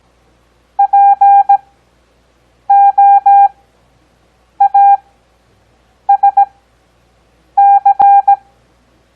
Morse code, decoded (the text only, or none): POASC